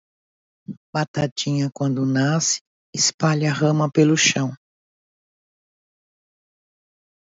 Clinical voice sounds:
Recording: short text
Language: Brazilian Portuguese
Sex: female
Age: 60 to 69 years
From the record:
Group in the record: control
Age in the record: 62 years

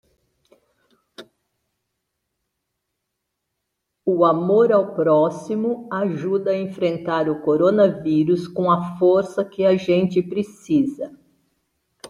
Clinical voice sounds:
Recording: spoken sentence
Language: Brazilian Portuguese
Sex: female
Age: 60 to 69 years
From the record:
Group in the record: control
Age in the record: 68 years

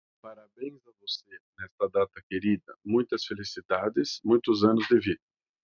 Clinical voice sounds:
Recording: short text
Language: Brazilian Portuguese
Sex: male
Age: 50 to 59 years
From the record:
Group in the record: control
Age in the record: 59 years

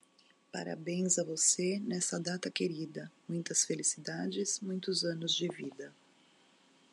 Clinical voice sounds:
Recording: short text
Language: Brazilian Portuguese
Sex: female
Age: 50 to 59 years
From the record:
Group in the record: control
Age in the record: 51 years

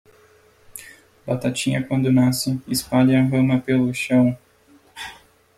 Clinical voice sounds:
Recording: short text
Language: Brazilian Portuguese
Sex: male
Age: 20 to 29 years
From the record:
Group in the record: control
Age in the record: 24 years

